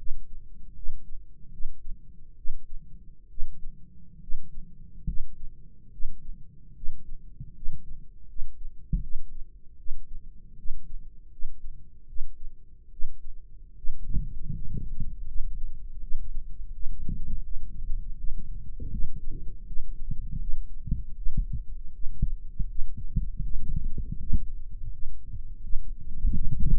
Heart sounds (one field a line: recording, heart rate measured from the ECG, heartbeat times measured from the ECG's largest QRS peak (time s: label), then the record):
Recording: heart sounds by microphone in the right ear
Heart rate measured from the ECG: 77 bpm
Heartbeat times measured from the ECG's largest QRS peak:
0.74 s: heartbeat
1.50 s: heartbeat
2.35 s: heartbeat
3.28 s: heartbeat
4.19 s: heartbeat
5.05 s: heartbeat
5.90 s: heartbeat
6.73 s: heartbeat
7.53 s: heartbeat
8.26 s: heartbeat
9.01 s: heartbeat
9.76 s: heartbeat
10.56 s: heartbeat
11.29 s: heartbeat
12.06 s: heartbeat
12.90 s: heartbeat
13.74 s: heartbeat
14.52 s: heartbeat
15.26 s: heartbeat
15.99 s: heartbeat
16.71 s: heartbeat
17.42 s: heartbeat
18.15 s: heartbeat
18.90 s: heartbeat
19.65 s: heartbeat
20.39 s: heartbeat
21.14 s: heartbeat
21.91 s: heartbeat
22.66 s: heartbeat
23.41 s: heartbeat
24.17 s: heartbeat
24.90 s: heartbeat
25.60 s: heartbeat
26.32 s: heartbeat
From the record:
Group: healthy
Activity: rest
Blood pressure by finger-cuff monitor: 168/73 mmHg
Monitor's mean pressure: 118 mmHg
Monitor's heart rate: 79 bpm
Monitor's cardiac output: 6.1 L/min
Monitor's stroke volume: 79 mL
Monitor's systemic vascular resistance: 1270 dyn s/cm5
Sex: male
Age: 21 years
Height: 180 cm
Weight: 67.5 kg